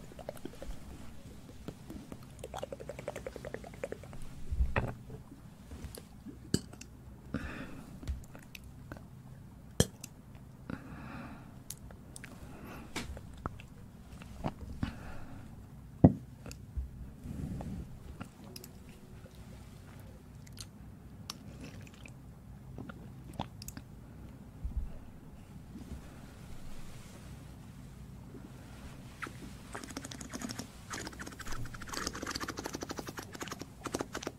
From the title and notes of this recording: ASMR Ear cleaning & Ear massage.